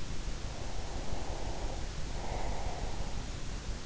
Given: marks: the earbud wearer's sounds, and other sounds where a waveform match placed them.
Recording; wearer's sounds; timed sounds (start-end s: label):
sounds in sleep by an in-ear microphone; breath
0.78-3.45 s: breath